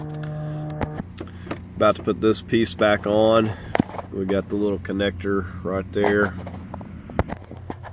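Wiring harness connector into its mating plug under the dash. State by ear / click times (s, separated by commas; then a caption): seated / 7.2 s. While a dash piece is reinstalled during heater core replacement on a 2003–2008 Mazda 6, a small plastic electrical wiring harness connector is pushed into its mating plug under the dash. Someone talks over faint background hum and a few light taps, then a sharp click at 7.2 s marks the connector snapping into place, fully seated.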